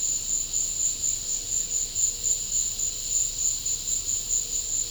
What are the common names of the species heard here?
none